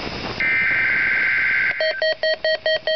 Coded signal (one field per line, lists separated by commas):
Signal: Emergency Alert System (SAME) tones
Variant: header bursts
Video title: La Crosse RWT EAS#38 On NWR with guest WR-120EZ